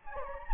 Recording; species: mosquito wingbeat signal from an infrared sensor; Anopheles gambiae